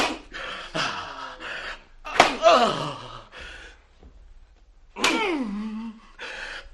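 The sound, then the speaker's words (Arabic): Two sharp whip lashes crack out a few seconds apart, each followed by a man's pained, falling cry, with ragged panting and gasps filling the gaps. “كف هذا الصوت عن هذا الرجل.”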